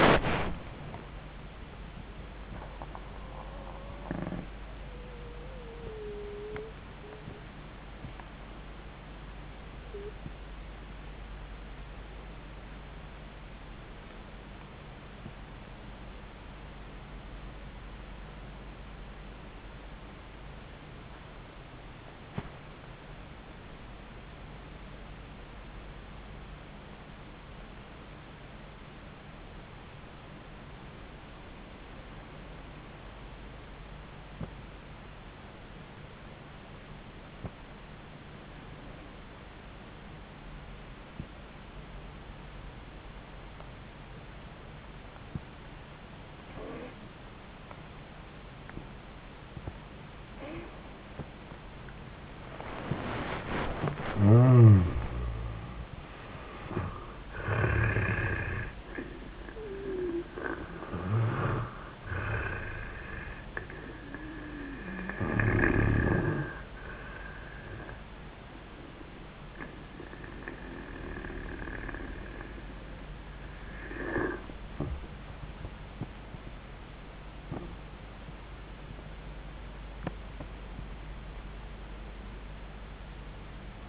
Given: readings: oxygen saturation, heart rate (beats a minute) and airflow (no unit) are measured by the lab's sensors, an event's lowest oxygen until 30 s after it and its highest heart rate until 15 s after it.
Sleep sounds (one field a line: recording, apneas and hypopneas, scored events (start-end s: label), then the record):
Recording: breathing in sleep by a voice recorder at the bedside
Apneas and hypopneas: 1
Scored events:
6.00-54.20 s: obstructive apnea (N2, oxygen 98% highest, then 81% lowest, heart rate 93 at the start, 93 highest)
70.00-83.89 s: new sleep stage, N1 (lightest sleep)
From the record:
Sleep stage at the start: N2 (light sleep)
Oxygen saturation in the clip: 74 to 98%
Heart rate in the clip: 80 to 96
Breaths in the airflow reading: 4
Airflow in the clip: -24.0 to 23.1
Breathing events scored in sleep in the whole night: 400 in 8.7 hours asleep